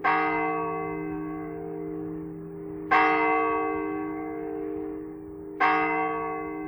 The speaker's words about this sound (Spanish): Las 9. Nos llegan las campanadas del reloj de la iglesia más cercana. ¿Se dan cuenta? ¡Qué ignorantes! ¡Qué desganadas campanadas! Son totalmente indiferentes al paso del tiempo.